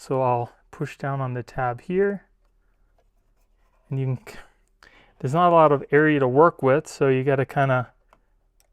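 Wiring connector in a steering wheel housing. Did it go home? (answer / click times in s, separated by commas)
yes / 8.6 s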